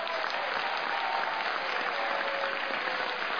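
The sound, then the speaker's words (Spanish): Sustained applause and ovation from a full-house audience at the UN for a Paraguayan orchestra playing music made from garbage, a dense steady wash of clapping that stays loud and even throughout without pauses. “La orquesta actuó en la ONU con sala llena y se despidió con la ovación del público.”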